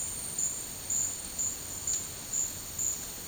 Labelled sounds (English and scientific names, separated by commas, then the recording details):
none
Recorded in dense forest near Puerto Asís, Putumayo, Colombia, on 24 March 2025 at 14:00
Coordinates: 0.485, -76.318
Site G056